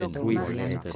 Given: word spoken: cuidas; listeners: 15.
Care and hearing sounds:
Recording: one Spanish word in noise, from a listening test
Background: four-talker babble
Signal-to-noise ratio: -0.9 dB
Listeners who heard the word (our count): 0 of 15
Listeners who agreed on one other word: 6 of 15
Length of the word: 0.56 s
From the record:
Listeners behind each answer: 6, 1, 1, 1, 1, 1, 1, 1, 1, 1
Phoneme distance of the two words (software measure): 17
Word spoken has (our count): 2 syllables, 6 phonemes, stress on syllable 1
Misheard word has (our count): 2 syllables, 5 phonemes, stress on syllable 1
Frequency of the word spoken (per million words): 0.24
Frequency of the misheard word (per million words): 1.36

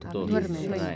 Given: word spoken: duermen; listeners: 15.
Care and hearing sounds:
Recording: one Spanish word in noise, from a listening test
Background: four-talker babble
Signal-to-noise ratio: -0.5 dB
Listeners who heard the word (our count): 0 of 15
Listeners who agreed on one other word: 8 of 15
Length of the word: 0.56 s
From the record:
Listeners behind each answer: 8, 5, 1, 1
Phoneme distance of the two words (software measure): 10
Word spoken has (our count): 2 syllables, 7 phonemes, stress on syllable 1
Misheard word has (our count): 2 syllables, 7 phonemes, stress on syllable 1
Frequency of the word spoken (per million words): 4.46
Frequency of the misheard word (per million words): 0.99

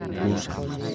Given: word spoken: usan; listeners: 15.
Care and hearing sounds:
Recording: one Spanish word in noise, from a listening test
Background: eight-talker babble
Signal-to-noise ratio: 0.7 dB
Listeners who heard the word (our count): 0 of 15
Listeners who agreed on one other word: 10 of 15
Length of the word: 0.55 s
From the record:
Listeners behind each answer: 10, 2, 1, 1, 1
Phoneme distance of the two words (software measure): 24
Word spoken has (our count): 2 syllables, 4 phonemes, stress on syllable 1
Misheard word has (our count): 2 syllables, 6 phonemes, stress on syllable 1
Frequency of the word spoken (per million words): 17.53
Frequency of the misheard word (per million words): 2.17

